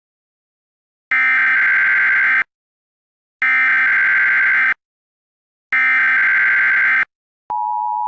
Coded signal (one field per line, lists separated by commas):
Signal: Emergency Alert System (SAME) tones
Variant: header bursts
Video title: EAS Scenario #1: The Yellowstone Caldera Eruption